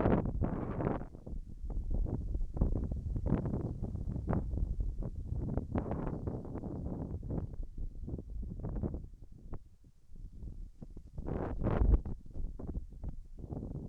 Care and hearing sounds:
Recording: everyday scene through a hearing-aid microphone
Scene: wind on the microphone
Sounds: wind, whistling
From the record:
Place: in front of a rural house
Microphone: behind the ear, left, front

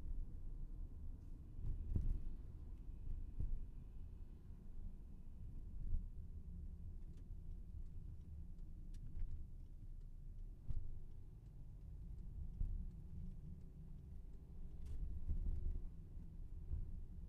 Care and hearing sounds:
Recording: everyday scene through a hearing-aid microphone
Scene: in a vehicle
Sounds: engine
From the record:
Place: VW T5 Caravelle, diesel engine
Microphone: behind the ear, left, rear

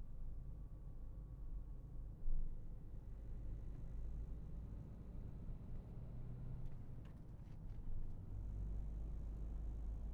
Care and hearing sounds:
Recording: everyday scene through a hearing-aid microphone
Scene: in a vehicle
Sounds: engine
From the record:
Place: Berlingo II, diesel engine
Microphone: behind the ear, left, rear

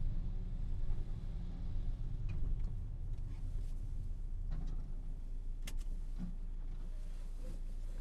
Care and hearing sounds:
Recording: everyday scene through a hearing-aid microphone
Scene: in a vehicle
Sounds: engine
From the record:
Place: Berlingo II, diesel engine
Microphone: behind the ear, left, rear

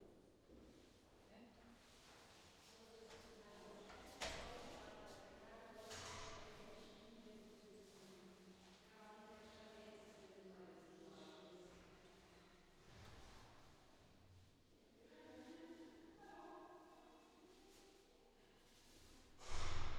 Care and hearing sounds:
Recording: everyday scene through a hearing-aid microphone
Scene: reverberant space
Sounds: speech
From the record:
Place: staircase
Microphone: in the ear canal, left

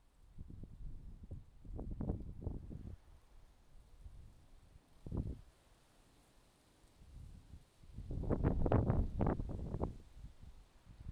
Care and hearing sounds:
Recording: everyday scene through a hearing-aid microphone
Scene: wind on the microphone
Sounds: wind, traffic, birds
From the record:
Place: suburban garden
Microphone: in the ear canal, left

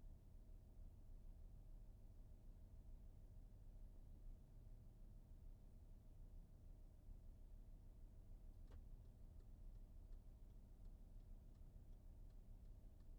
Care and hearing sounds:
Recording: everyday scene through a hearing-aid microphone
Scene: in a vehicle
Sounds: engine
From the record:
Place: VW T5 Caravelle, diesel engine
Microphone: behind the ear, right, rear

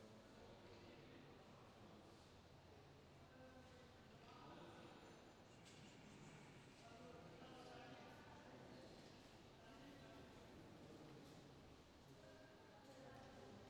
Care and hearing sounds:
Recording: everyday scene through a hearing-aid microphone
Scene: reverberant space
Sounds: background noise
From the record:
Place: railway station hall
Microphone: in the ear canal, left

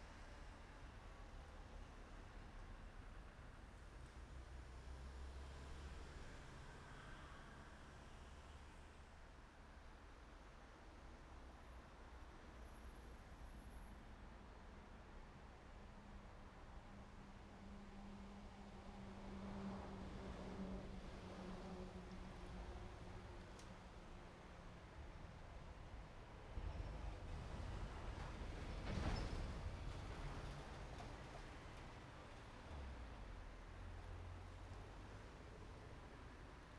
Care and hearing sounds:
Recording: everyday scene through a hearing-aid microphone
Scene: in traffic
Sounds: traffic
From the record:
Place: main road on the outskirts, rush hour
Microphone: behind the ear, right, rear

